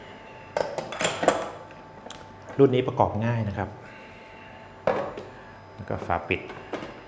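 The lid of a Hurom H30 slow juicer is placed on the juicing bowl, with knocks and clatters of the parts being handled while someone talks. The lid is about to be twisted into its lock, but the clip ends before that happens, and nothing has seated or clicked yet.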